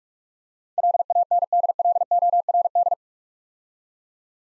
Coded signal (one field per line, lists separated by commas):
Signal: Morse code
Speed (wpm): 44 wpm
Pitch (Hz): 700 Hz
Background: none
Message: LANDLORD